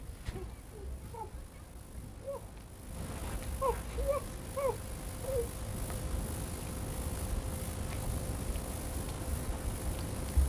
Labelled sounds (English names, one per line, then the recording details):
Lar Gibbon call
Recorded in captivity
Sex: female
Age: subadult
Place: Zoo Rostock, Mecklenburg-Vorpommern, DE
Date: 1962-05-06 11:00
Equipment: Minifon, Kopie Smaragd
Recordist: Tembrock, Günter